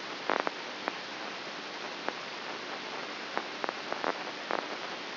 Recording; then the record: brain microelectrode recording played as sound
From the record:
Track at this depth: inside the subthalamic nucleus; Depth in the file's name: 3.04 mm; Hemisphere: right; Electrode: 2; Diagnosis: Parkinson's disease